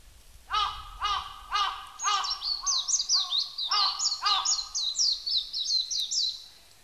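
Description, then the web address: Japanese white-eye song: a fast, high twittering run of thin, slurred notes, with harsh, rich-toned calls from another bird about twice a second at the start, continuing beneath it for a while. Recorded 11 April 1998. "1998 980411 mejiro"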